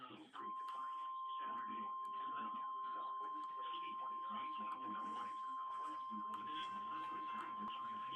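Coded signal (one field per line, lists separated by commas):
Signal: Emergency Alert System (SAME) tones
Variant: 1050 Hz attention tone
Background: speech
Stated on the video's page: Weekly EAS test broadcast live.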